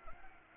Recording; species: mosquito wingbeat signal from an infrared sensor; Anopheles arabiensis